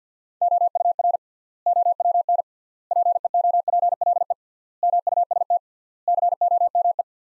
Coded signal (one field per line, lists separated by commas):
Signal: Morse code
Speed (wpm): 50 wpm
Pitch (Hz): 700 Hz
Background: none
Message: OUR OWN PEOPLE MUST COME